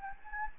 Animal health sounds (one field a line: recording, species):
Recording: mosquito wingbeat signal from an infrared sensor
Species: Anopheles gambiae